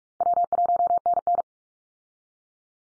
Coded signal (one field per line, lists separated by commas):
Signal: Morse code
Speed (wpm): 44 wpm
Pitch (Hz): 700 Hz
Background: none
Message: W1NN